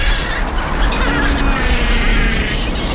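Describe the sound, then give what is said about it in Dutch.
A Caspian gull, lured onto a fixed post among about 200 gulls, calls with raw, harsh, drawn-out cries, rawer than a herring gull's, over a steady, loud background rumble, with no voices present. “De Pontische meeuw. Hij is gekomen.”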